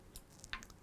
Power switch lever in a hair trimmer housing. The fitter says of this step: and make sure that you hear that switching noise. Yeah?